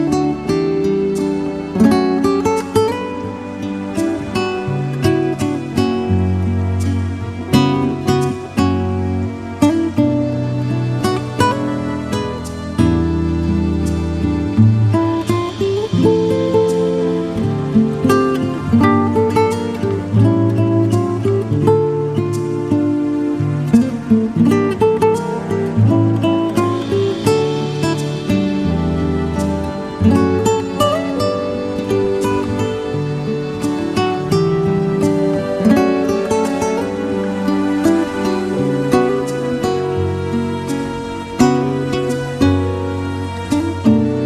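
Smooth jazz plays at a steady level throughout, with a warm, full bass line and dense, shifting chords in the low and middle range. Light, regular percussion ticks run across the top, and a brief brighter melodic passage surfaces around 15 and 27 seconds.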